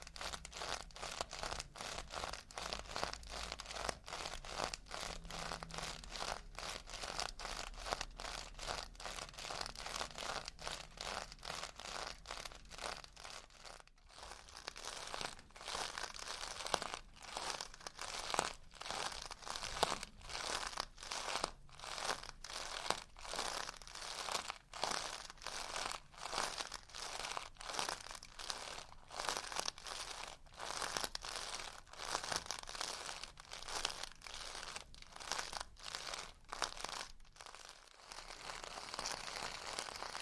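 Metal scrubbers are crinkled, rolled and squeezed in a dense, steady run of crunchy, bright crackles with no real pauses. Brief dips in the crackling come near 14 and 38 seconds, and a low hum sits underneath in the first few seconds.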